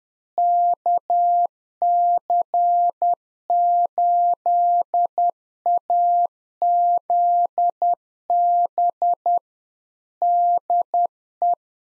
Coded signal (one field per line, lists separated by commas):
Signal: Morse code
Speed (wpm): 10 wpm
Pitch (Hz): 700 Hz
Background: none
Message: KC8AZB DE